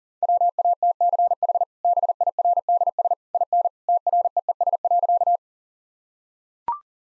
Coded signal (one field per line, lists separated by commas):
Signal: Morse code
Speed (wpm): 37 wpm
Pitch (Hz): 700 Hz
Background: none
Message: WATCH BIRDS IN TREES.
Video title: Easy Sentences with Hints - 40wpm